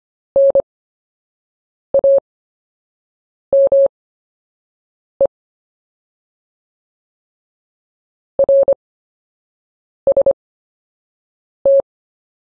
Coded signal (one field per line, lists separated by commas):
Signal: Morse code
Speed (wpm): 25 wpm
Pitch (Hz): 550 Hz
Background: none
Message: NAME RST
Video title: CW Anchor Words Module 1 Slow Speed Workout